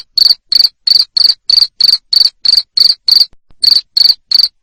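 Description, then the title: High, buzzy cricket chirps repeated quickly and evenly, roughly three per second, with one momentary gap. Loud cricket chirping, played to stimulate lovebirds to sing continuously. "Suara JANGKRIK NGERIK Keras Bikin LOVEBIRD Jadi NGEKEK Terus"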